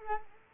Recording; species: mosquito wingbeat signal from an infrared sensor; Culex quinquefasciatus